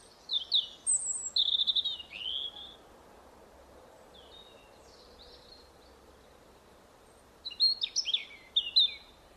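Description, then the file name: European robin singing high, thin warbling phrases, a burst of sweet twittering notes at the start, a pause, then a fresh run of thin, tumbling notes near the end. "Erithacus rubecula"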